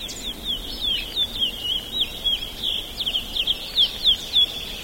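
Bird song: fast, twittering run of high, sliding chirps and short trills, delivered almost continuously with slight swells in loudness, over a steady background hiss.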